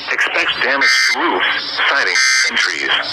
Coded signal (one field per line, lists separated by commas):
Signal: Emergency Alert System (SAME) tones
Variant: end-of-message bursts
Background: speech